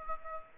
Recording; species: mosquito wingbeat signal from an infrared sensor; Aedes aegypti